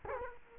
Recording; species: mosquito wingbeat signal from an infrared sensor; Culex quinquefasciatus